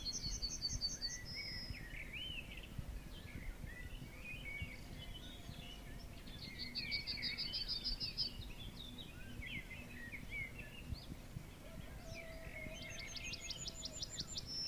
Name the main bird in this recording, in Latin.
Emberiza citrinella